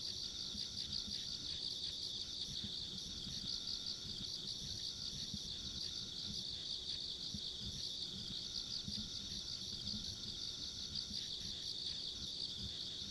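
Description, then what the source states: Insects chirr continuously in a high, finely pulsed chorus with a thin upper buzz, over a low, uneven rumble. Ambient insect sounds along a rural country road.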